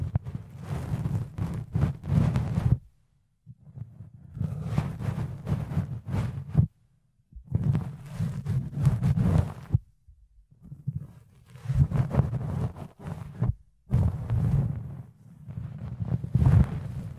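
Fluffy ear cleaning: soft, muffled rubbing and scratching in bursts of one to two seconds, separated by brief silences, with deep low thumps.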